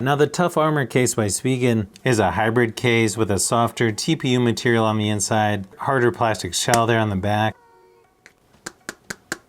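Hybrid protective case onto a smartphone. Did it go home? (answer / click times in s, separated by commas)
yes / 8.3 s, 8.7 s, 8.9 s, 9.1 s, 9.3 s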